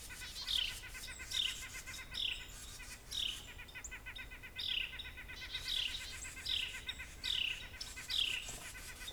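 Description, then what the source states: White-breasted nuthatch calls, a series of nasal down-slurred notes at about one per second over steady background noise. Eastern population.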